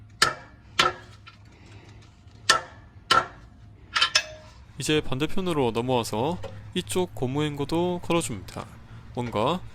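A 3/8-inch torque wrench tightens the exhaust pipe flange nuts on steel studs to the 40–60 N·m spec after they were snugged by hand and with a ratchet. Sharp tick sounds ring out, with the wrench clicking at its setting at 0.2, 2.5 and 3.1 seconds, plus similar ticks around 0.8 and 4.0 seconds. Then someone talks.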